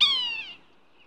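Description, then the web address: Yellow-bellied sapsucker uttering a single nasal, drawn-out mew that starts bright and fades as it drops slightly in pitch. "bird sapsucker yellow bellied sapsucker calls"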